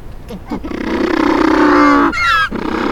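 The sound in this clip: Penguin braying: a long, harsh harmonic note held for over a second, then a short higher squealing phrase after a brief break.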